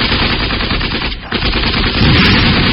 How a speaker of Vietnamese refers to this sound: Vừa lúc ấy, một đám trung đội nằm tập sẵn ở bên kia đường cũng bắt đầu cho nổ súng và tung lựu đạn lên ao ở phía sau lưng địch quân.